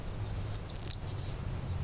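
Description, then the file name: Eastern crowned warbler song: a single high phrase of quick slurred descending whistles ending in a harsh, buzzy trill. "warbler-eastern-crowned -Phylloscopus-coronatus"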